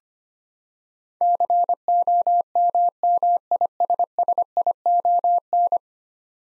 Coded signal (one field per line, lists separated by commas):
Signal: Morse code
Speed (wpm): 25 wpm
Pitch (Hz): 700 Hz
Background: none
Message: COMMISSION